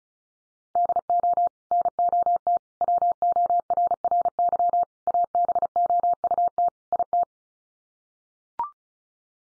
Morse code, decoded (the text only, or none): DO NOT WORRY ABOUT IT